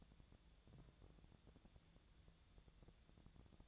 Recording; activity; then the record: daily activity, microphone in the room; take from stove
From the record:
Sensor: 3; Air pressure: 1000.0 hPa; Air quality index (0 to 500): 126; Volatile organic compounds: 2 ppm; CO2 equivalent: 1128 ppm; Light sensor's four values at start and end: 46/116/50/56 and 46/116/50/55